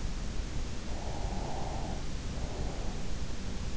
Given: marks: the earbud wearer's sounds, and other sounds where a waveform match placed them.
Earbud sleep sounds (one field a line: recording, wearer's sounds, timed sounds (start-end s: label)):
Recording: sounds in sleep by an in-ear microphone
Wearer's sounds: breath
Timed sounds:
0.44-3.07 s: breath